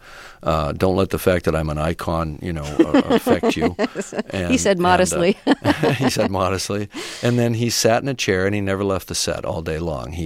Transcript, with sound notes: Don't let the fact that I'm an icon, you know, affect you. (Soundbite of laughter) And...
He said, modestly.
He said modestly. And then he sat in a chair, and he never left the set all day long.